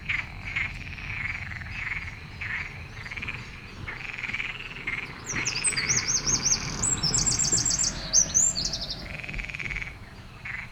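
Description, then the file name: Eurasian wren song: one long burst of very high, fast, rattling trills midway, amid noisy background chatter and low rumble. "Troglodytes troglodytes"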